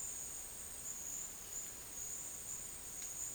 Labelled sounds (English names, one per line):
none